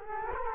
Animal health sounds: mosquito wingbeat signal from an infrared sensor; Culex quinquefasciatus

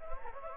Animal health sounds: mosquito wingbeat signal from an infrared sensor; Anopheles gambiae

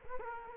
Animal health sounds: mosquito wingbeat signal from an infrared sensor; Culex quinquefasciatus

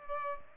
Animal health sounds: mosquito wingbeat signal from an infrared sensor; Culex pipiens

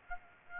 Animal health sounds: mosquito wingbeat signal from an infrared sensor; Aedes aegypti

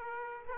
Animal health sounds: mosquito wingbeat signal from an infrared sensor; Aedes aegypti

